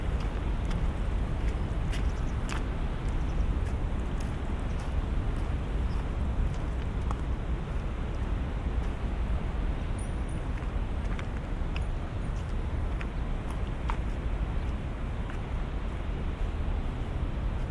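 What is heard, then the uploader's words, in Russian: Steady, dense rushing noise fills the whole clip, heavy in the low end and even in level throughout, like a car ride or a rushing river. Faint brief clicks and knocks surface now and then, with a few thin high tones near the middle. 3D прогулка по Сочи.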